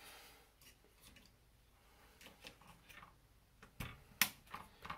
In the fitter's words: All you do is just push it in until it clicks, and you can play with the little nubs, make sure it's in.